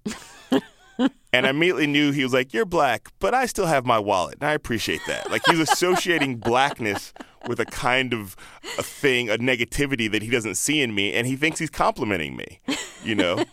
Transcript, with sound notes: And I immediately knew he was like, you're black but I still have my wallet and I appreciate that.
(LAUGHTER)
Like he was associating blackness with the kind of thing, a negativity that he doesn't see in me and he thinks he's complimenting me, you know.